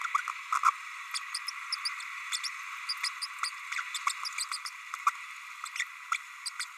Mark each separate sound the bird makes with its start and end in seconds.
0.14-0.17, 0.63-0.71, 1.14-1.19, 1.72-1.75, 1.85-1.89, 2.32-2.39, 2.43-2.49, 2.88-2.94, 3.03-3.09, 3.21-3.26, 3.42-3.50, 3.94-3.98, 4.06-4.12, 4.38-4.45, 4.51-4.58, 5.75-5.84, 6.11-6.17, 6.46-6.50, 6.59-6.65